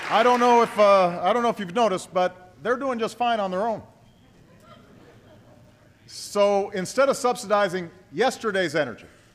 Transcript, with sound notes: I don’t know if -- I don’t know if you’ve noticed, but they’re doing just fine on their own. (Laughter.) So instead of subsidizing yesterday’s energy,